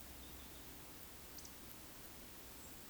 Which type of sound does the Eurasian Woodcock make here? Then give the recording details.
whistle. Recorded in Baden-Württemberg, Germany, on 13 June 2021 at 20:02 UTC. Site 23718, 552 m above sea level